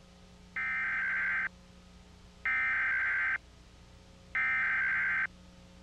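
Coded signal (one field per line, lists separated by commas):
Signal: Emergency Alert System (SAME) tones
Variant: header bursts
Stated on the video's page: Tornado warning EAS alert recorded off a PBS television broadcast during a program in the mid-2000s.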